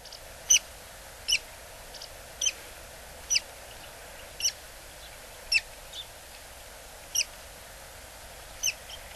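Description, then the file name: Buff-bellied pipit giving thin, high, sharp call notes, single short chips repeated irregularly over a steady low background hiss. Recorded in Hyogo, Japan. "tahibari 0802 hyogo kaji"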